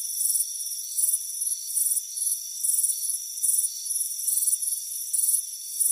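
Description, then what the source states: Crickets sounding rhythmic high chirps, strong and weak bursts alternating, above a steady buzzing hum. Soothing chirping.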